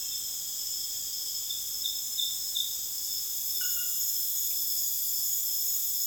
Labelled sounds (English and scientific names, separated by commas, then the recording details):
none
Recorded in dense forest near Puerto Asís, Putumayo, Colombia, on 23 June 2025 at 23:30
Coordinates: 0.484, -76.325
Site H65